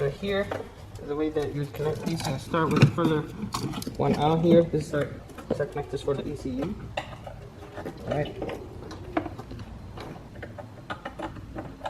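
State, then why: Seated. Someone talks while the outermost ECU harness connector is pushed into the front SAM module of a Mercedes-Benz, with a sharp click at 9.2 s as it seats. A few softer knocks follow near the end of the clip.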